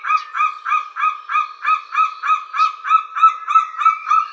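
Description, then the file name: White-tailed eagle yelping call: a fast, steady series of sharp barking notes, about three per second, holding an even pitch throughout. "bielik"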